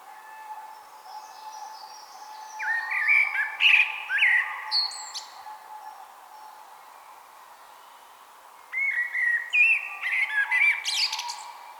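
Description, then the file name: Common blackbird delivering a low, flute-like warble ending in squeaky high notes, then a pause and a second warbled phrase, with a faint steady hum behind. "Turdus merula"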